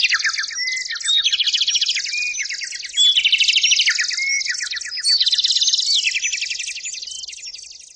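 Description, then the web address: Birds chirping steadily, a busy overlapping stream of quick high-pitched tweets and trills with no pauses, in repeated louder surges and fading slightly at the end. "SFXSource. Brds Chrp 01"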